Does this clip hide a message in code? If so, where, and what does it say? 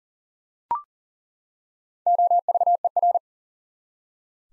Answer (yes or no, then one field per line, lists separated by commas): yes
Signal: Morse code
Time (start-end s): 2.1-3.2 s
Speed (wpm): 40 wpm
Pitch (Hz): 700 Hz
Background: none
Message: OVER